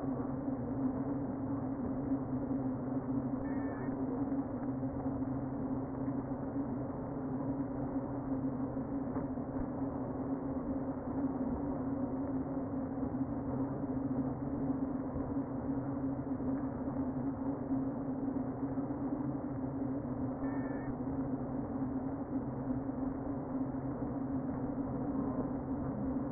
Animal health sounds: honeybee colony, microphone inside the hive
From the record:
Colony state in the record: queen present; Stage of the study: before two queens were removed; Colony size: about 60,000 bees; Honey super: yes

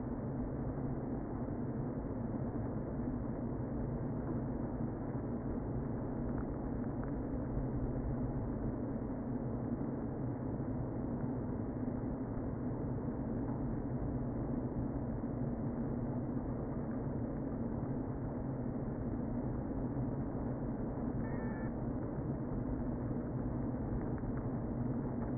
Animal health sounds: honeybee colony, microphone inside the hive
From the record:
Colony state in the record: queen present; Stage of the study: before two queens were removed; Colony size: about 60,000 bees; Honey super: yes

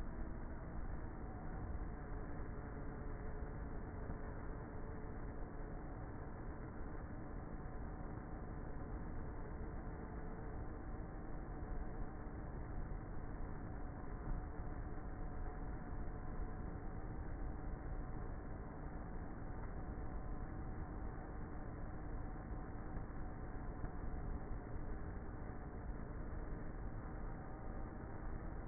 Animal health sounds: honeybee colony, microphone inside the hive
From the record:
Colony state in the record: queenless with a low population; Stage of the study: before two queens were removed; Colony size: about 30,000 bees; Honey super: no

